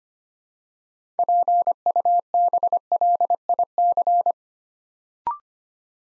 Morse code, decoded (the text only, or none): PUBLIC